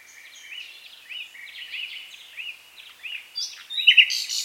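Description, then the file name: Common nightingale song: a run of slurred, rising and falling whistled notes, fairly soft, ending with louder high chattering notes. "Luscinia megarhynchos"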